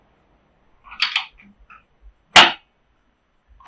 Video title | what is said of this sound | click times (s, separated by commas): 안양 혼다 바이크존 헌터커브 모토라인 제품 3종 장착 및 꿀팁! | 끝난 겁니다 토크 렌치는 렇게 딱소리 나면은 멈추어야 돼요 여기서 | 2.4 s